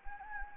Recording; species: mosquito wingbeat signal from an infrared sensor; Anopheles gambiae